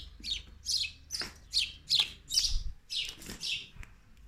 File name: Souleh Field Recording - birds at the window